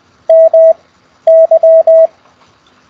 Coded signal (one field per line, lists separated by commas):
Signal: Morse code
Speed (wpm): 20 wpm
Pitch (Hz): 660 Hz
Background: none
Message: MY